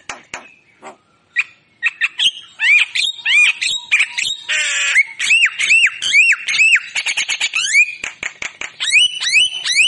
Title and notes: Pancingan Jalak Kebo Bisu. Kicau Jalak Kebo